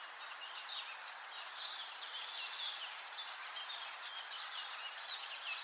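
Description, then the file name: Common blackbird giving two thin, very high whistled notes a few seconds apart, over busy background twittering. "Turdus merula"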